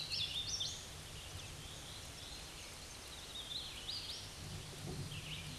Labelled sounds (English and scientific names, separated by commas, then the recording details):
Hooded Warbler (Setophaga citrina) song
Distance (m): 50 m
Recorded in a Pennsylvania forest on 18 May 2023 at 11:18
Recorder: AudioMoth, point grid1_10_low
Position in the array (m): 55 m, 100 m